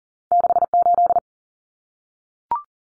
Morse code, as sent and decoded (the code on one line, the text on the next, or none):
-.... ---..
68